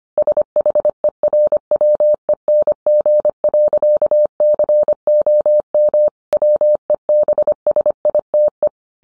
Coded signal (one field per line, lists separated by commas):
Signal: Morse code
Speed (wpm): 25 wpm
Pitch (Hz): 600 Hz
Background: none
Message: SHERWENG.COM WEBSITE